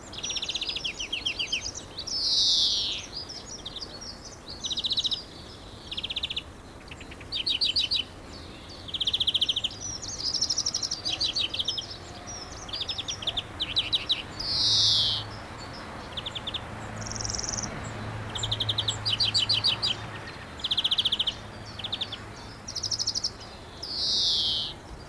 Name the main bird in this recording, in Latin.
Chloris chloris